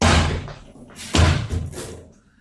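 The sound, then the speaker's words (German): A door bursts open as a man comes in without knocking, with a loud, sharp bang, followed by a couple of heavier thuds and rattles as it swings and settles, fading out within a few seconds. “Und da ist er auch schon, aufs Stichwort. Herein, ohne anzuklopfen, wie es draußen dran steht.”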